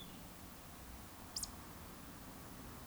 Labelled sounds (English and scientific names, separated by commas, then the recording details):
Eurasian Woodcock (Scolopax rusticola) whistle
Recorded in Baden-Württemberg, Germany, on 18 June 2021 at 19:28 UTC
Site 49334, 1074 m above sea level